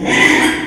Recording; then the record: squeal of a Yucatan mini pig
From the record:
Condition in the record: after surgery on the right vocal fold (resection and tissue-engineered implant); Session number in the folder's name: 3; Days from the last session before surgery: 33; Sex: male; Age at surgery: 12 weeks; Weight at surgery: 13 kg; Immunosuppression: cyclosporine, prednisolone